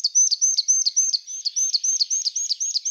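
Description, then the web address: Marsh tit giving a rapid, steady series of high, sharp, slurred notes throughout, with no other clear sounds. "Parus palustris"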